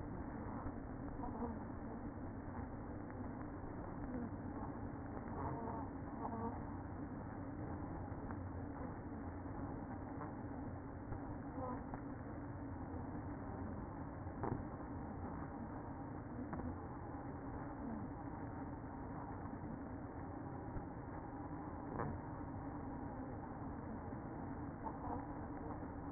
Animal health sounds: honeybee colony, microphone inside the hive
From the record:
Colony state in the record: queen present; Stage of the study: after two queens were removed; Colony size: about 60,000 bees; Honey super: yes

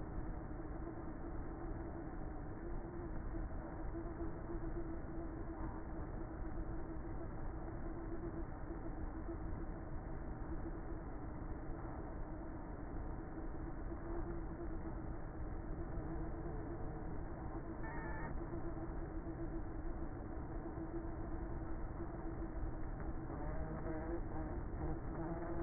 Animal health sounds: honeybee colony, microphone inside the hive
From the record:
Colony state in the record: queenless with a low population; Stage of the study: before two queens were removed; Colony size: about 30,000 bees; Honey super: no

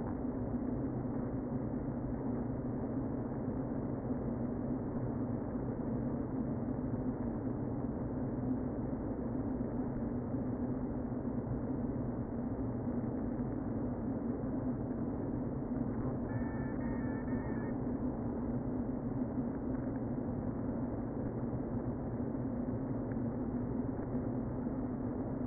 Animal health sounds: honeybee colony, microphone inside the hive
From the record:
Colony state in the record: queen present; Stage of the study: before two queens were removed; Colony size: about 60,000 bees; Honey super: yes

